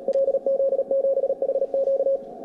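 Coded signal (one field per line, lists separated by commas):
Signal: Morse code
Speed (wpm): 37 wpm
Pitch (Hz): 540 Hz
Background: radio noise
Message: LZ7HQ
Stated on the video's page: HF contact during a 24-hour contest at a field day exercise, using an improvised wire antenna.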